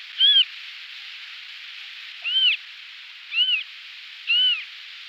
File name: Sons De La Nature - Busard des roseaux Marsh Harrier